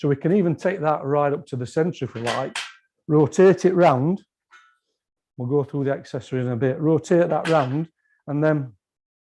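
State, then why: Not seated. Someone talks while rotating the swivelling headstock of a wood lathe around on the lathe bed, turning it toward one of its preset detent positions. The clip ends before the headstock clicks into an indexed position; nothing has seated or clicked yet.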